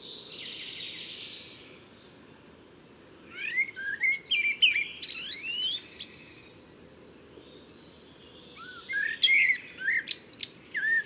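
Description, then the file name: Eurasian blackbird song: two bursts of high, squeaky twittering with quick slurred and rising notes, separated by a quiet gap. "Turdus merula"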